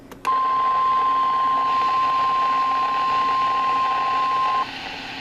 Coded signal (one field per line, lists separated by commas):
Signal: Emergency Alert System (SAME) tones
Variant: 1050 Hz attention tone